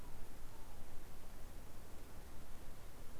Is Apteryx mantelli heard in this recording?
no